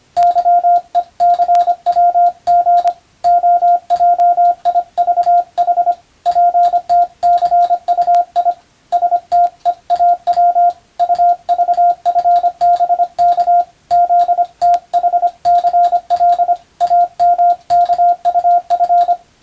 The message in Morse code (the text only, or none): YECWG OJIVH PTCUI STEAW UVFBK ZTHCL AMKUF